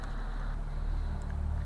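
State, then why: Not seated. A removable plastic piece is fitted into the base of a Takara JAWS figure scene over a steady low hum, with only a faint brief tap around 1.3 s. Nothing has locked or clicked into place yet. The piece does not lock in at all and falls right out as soon as it is let go.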